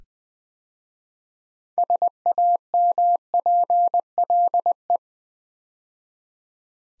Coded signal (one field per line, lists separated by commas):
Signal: Morse code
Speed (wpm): 20 wpm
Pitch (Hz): 700 Hz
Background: none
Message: SAMPLE